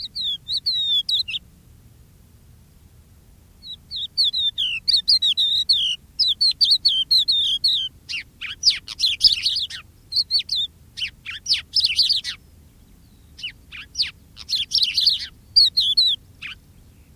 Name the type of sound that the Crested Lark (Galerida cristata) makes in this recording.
song